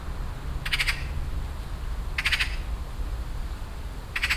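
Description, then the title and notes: Eurasian magpie giving harsh, rattling chatter bursts, three short bursts spaced apart, over a low steady rumble. Calling loudly from a tree in a garden in Weiden, Rilkestrasse, Cologne, Germany (Refrath); wind rustles in birch trees; nearfield recording. "cologne, weiden, rilkestrasse, elster. Refrath. elster in baum in einem garten, laut signal gebend, ein pkw fährt vorbei, das rauschen des windes in den birkenbäumen soundmap nrw"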